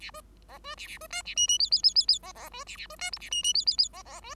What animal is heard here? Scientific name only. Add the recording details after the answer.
Lonchura striata domestica. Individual Bird5